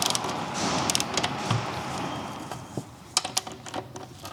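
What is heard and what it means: A torque wrench is used for the final tightening of the two mounting bolts of a new rear shock absorber on a Royal Enfield Meteor 350 motorcycle. Light metallic rattles and small taps lead up to a sharp click at 3.2 s, where the wrench reaches its setting, followed by another tap at 3.4 s and quieter handling sounds.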